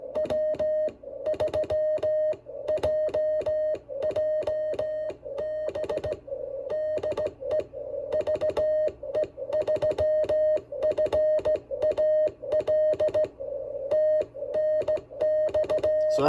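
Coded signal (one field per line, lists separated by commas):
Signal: Morse code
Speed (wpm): 17 wpm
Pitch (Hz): 620 Hz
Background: none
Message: W3JJB DE VE3FAL TNX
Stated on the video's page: SKCC CW contact using a Venus SW-3B at 5 watts, cobweb antenna at 18 feet, Kent straight key.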